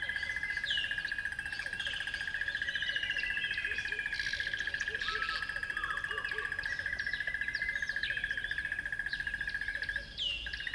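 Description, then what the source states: Birds chirping and whistling in a crowded chorus, with soft low notes in the middle and a pulsing drone that breaks briefly near the end. At dawn on a river bed.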